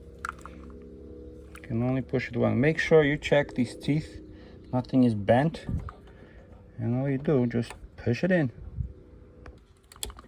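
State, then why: Seated. Someone talks while a plastic multi-pin wiring harness connector is pushed into the back of a Roadanvi 12.3 inch screen Android head unit being installed in a Toyota RAV4 (2019-2022). A short, sharp click is heard at 10.0 s among a few faint taps, and the connector seats.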